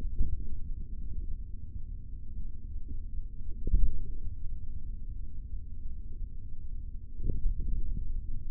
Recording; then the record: forearm muscle sounds (acoustic myography)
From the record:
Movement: finger pinch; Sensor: system 3, bracelet of six PUI Audio POM-2738L microphones around the upper forearm, with dedicated amplification and filtering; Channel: 2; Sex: male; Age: 23 years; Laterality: right